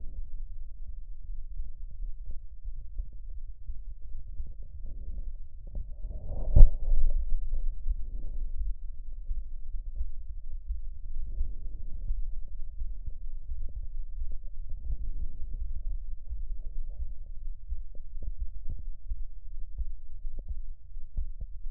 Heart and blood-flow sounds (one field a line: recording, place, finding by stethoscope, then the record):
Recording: heart sounds by stethoscope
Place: aortic valve (AV)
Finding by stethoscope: normal heart sounds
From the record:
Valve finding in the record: normal valve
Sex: male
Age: 69 years